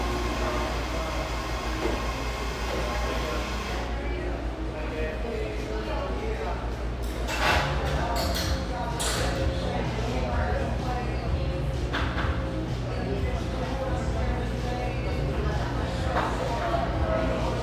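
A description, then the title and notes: Café background noise: a steady, dense murmur of overlapping voices over a constant low rumble. Bright clatters and clinks break through now and then, around 7 to 9 seconds and again near 12 and 15 seconds. Cheerful, bustling background noise of this sunny café in one of the OC's most upscale neighborhoods.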